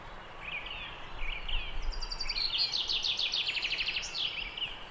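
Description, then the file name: Common chaffinch delivering a rapid rattling trill that descends and finishes with an emphatic flourish, with a few softer chirps before it and steady ambient hiss. "Fringilla coelebs"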